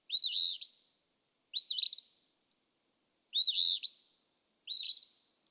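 Eastern phoebe song: harsh two-part fee-bee phrases, alternating a burry ending and a stuttering one, given four times against complete silence.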